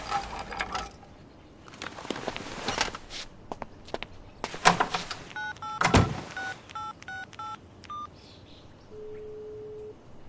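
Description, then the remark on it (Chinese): After some clattering and handling knocks, a quick run of about eight telephone keypad tones beeps out, followed by a short pause and a lone, steady low-pitched tone. No one speaks. “弟，怎么有空打电话来啊？”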